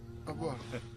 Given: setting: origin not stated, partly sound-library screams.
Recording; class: one-second piece from a danger detection set; normal situation